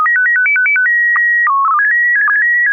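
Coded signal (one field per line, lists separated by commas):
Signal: SSTV (slow-scan television)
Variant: PD 120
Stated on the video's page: SSTV images sent during a weekly amateur SSTV net on an FM repeater at 441.300 MHz, using MMSSTV software.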